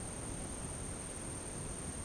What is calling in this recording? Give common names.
none